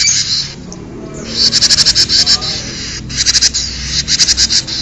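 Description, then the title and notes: Bird song: high, rapidly pulsed trills repeated in short runs. "Bird Sound. Kicau Burung Lengkap"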